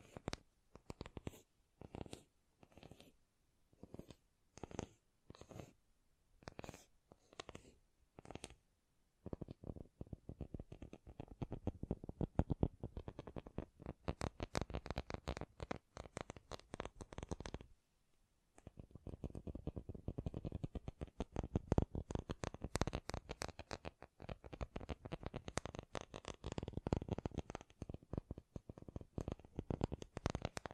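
Tapping, first as separate crisp knocks about twice a second for the opening nine seconds. It then turns into a fast, dense flurry of clicks and scratchy taps, breaks off briefly around eighteen seconds, and resumes just as busy to the end.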